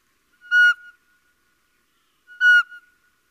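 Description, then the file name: Little owl calling, two short mewing nasal notes, each level then dropping slightly at the end, about two seconds apart, in silence. "Civetta"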